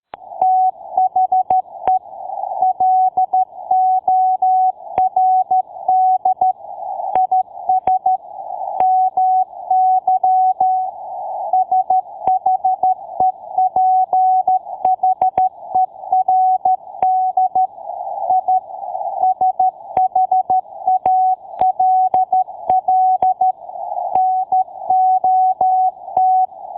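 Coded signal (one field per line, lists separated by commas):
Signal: Morse code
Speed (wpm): 13 wpm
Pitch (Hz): 750 Hz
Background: none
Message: THE LORD IS MY SHEPHERD I SHALL NOT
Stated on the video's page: Morse code sound effect.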